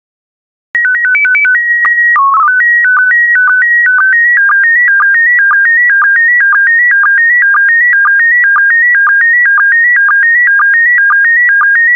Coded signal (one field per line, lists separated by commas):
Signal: SSTV (slow-scan television)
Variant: PD 120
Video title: 101027 Fiji SSTV PD120